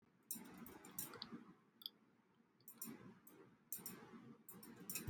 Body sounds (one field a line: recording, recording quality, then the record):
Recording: counting at a fast pace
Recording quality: poor, much background noise or distortion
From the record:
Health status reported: healthy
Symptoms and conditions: chronic lung disease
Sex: male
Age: 26 years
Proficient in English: yes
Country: India